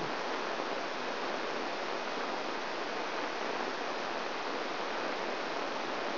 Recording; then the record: brain microelectrode recording played as sound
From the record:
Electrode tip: outside the subthalamic nucleus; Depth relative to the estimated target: 3 mm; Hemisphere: left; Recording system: AlphaMap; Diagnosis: Parkinson's disease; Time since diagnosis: 9 years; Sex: female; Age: 63 years